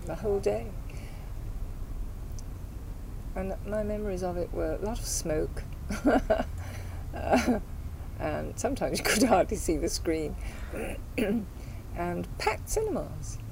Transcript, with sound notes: The whole day. And my memories of it were, a lot of smoke. [laughs] Sometimes you could hardly see the screen. And packed cinemas.